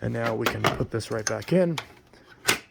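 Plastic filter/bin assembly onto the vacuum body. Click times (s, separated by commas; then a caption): 2.5 s. Someone talks while the reassembled plastic filter/bin assembly of a Eureka Whirlwind Litespeed vacuum is put back in. One loud, sharp snap at 2.5 s marks the assembly seating back onto the vacuum body.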